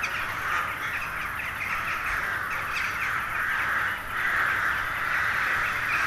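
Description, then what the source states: Crow flock cawing together, a thick wall of rough overlapping calls with a few louder caws standing out near the middle. Hundreds of crows gathering at dusk in winter to settle for the night in a poplar wood at Neuflize.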